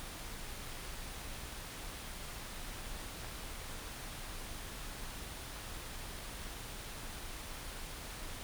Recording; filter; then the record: brain microelectrode recording played as sound; wide band, above 20 Hz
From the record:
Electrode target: subthalamic nucleus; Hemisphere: right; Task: reaching with the left hand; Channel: 1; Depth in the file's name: 5.102 mm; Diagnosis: Parkinson's disease